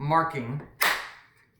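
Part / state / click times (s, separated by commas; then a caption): infant car seat adapter onto stroller wagon frame / seated / 0.8 s. A plastic infant car seat adapter is pushed fully down onto a Veer Cruiser stroller wagon frame while someone talks. A sharp click at 0.8 s follows, and the green marking appears, showing the adapter is completely locked in.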